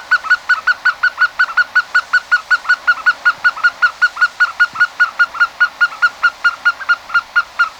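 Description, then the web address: Unicolored Tapaculo song, a long fast run of identical short notes, evenly repeated throughout. Recorded in Ecuador. "S America Birds of Ecuador 2. Unicolored Tapaculo"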